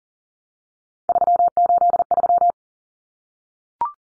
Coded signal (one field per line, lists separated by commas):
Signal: Morse code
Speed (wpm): 40 wpm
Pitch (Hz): 700 Hz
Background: none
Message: 383